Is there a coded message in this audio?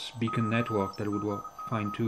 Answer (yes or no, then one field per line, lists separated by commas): yes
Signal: Morse code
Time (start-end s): 0.3-2.0 s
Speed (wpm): 37 wpm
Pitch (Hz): 1260 Hz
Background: speech, music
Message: , TNX